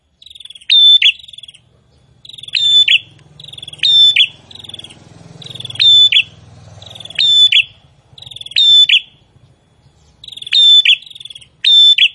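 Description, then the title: Prinia song: short buzzy phrases ending in sharp high notes, repeated with short gaps, over a faint low hum. Gacor (vigorous, constant) singing, meant to make a listener's own prinia more aggressive and more vocal. "Prenjak gacor. bikin prenjak ANDA semakin GANAS dan GACOR"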